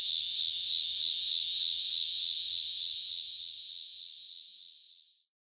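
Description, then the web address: Walker's cicada song, a rhythmic pulsing buzz of about three throbs per second that gradually weakens and fades out toward the end. North America. "Songs of Insects. Walkers Cicada"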